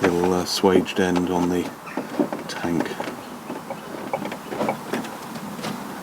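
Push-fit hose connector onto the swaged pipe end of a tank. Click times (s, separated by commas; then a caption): 4.1 s, 4.7 s. Someone talks as a push-fit hose connector is pressed back onto the swaged end pipe of a tank on a Land Rover Freelander 2, so its barbs click over the end. Two sharp clicks are heard at 4.1 s and 4.7 s, and the connector is seated on the tank.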